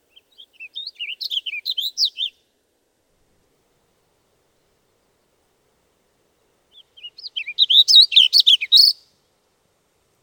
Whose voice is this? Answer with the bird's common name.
Warbling Vireo